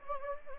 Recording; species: mosquito wingbeat signal from an infrared sensor; Anopheles gambiae